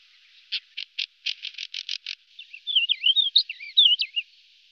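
White-crowned wheatear starting with a run of about nine dry clicking notes, then a twisting, whistled warble of quick rising and falling notes.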